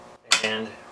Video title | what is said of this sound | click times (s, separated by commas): A Multifunction Tactical Shovel With USB? Testing The Dazone Shovel Pack | get to it well first of all let's open up the shovel and right away locks into place when you try to open it and | 0.3 s